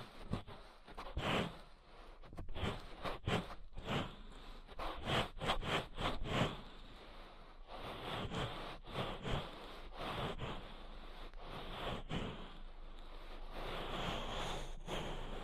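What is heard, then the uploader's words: Close ear treatment sounds made of quick rustling, scratching strokes, dense and irregular, with sharp bursts clustered in the first seven seconds. Afterward the scraping settles into a steadier, brighter hiss with occasional soft taps and thumps beneath it. ASMR Deep Ear Treatment for Sleep (No Talking).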